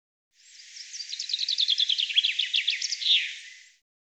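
Common chaffinch song, a single cascading phrase of rapid notes that drops in pitch before a short terminal flourish, against a silent background.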